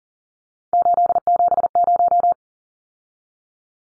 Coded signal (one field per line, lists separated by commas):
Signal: Morse code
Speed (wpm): 40 wpm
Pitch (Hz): 700 Hz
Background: none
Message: 870